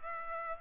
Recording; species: mosquito wingbeat signal from an infrared sensor; Culex pipiens